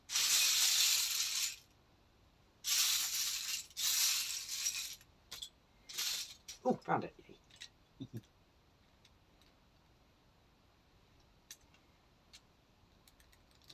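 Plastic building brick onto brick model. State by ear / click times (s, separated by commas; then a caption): not seated / none. A plastic building brick piece is being handled over a brick model, on its way to be pressed onto a stud. Loud bursts of rattling and rustling come at about 0–1.6 s, 2.7–4.9 s and 6.0–6.5 s, someone talks, and small light ticks follow at 5.3, 7.6, 11.5, 13.1 and 13.7 s. Nothing has seated or clicked yet; the clip ends before the piece snaps home.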